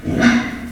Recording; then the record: squeal of a Yucatan mini pig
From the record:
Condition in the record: after surgery on the right vocal fold (resection and tissue-engineered implant); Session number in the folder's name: 1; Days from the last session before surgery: 13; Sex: female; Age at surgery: 19 weeks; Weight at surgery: 25 kg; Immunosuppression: prednisolone